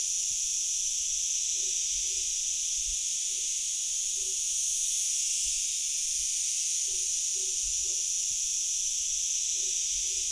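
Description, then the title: Cicada chorus: a constant high shimmering buzz that never lets up, with soft scattered short calls and low bumps underneath. Hundreds of cicadas near Pocinho on the Douro River, Portugal; part of a Douro River sound map. "Cigarras no Pocinho"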